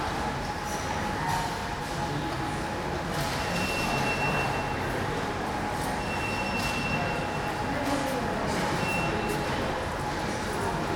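A quiet train station ticket office fills with a steady, even rumble and a constant mid-pitched hum that never changes. Every couple of seconds a faint click, shuffle or brief high ringing tone surfaces.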